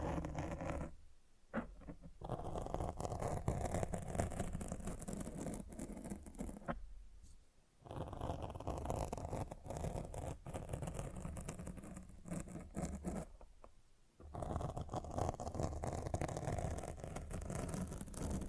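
Microphone scratching: dense rough rubbing and scraping noise that fills the low and middle range, with a low rumble underneath. It runs nearly continuously, broken by brief silent gaps around 1.5, 2, 7.5 and 14 seconds, with sharp clicks and scuffs as it resumes.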